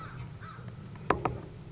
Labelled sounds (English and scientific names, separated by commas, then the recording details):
American Crow (Corvus brachyrhynchos)
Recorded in Sonoma County, California